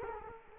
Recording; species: mosquito wingbeat signal from an infrared sensor; Culex quinquefasciatus